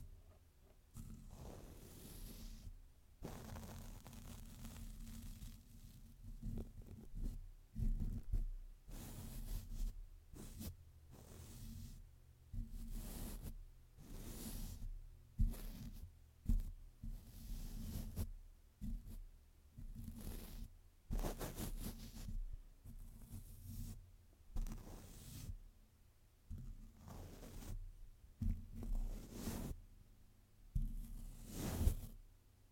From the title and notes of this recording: ASMR mic brushing without any talking.